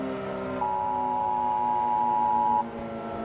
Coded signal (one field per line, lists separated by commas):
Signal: Emergency Alert System (SAME) tones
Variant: 853 and 960 Hz attention tone